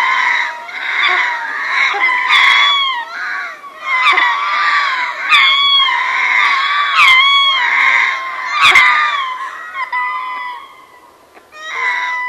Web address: ring-tailed lemur